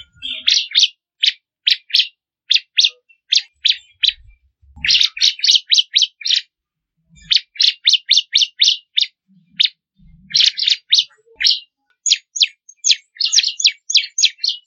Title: ciblek kristal